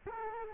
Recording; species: mosquito wingbeat signal from an infrared sensor; Culex quinquefasciatus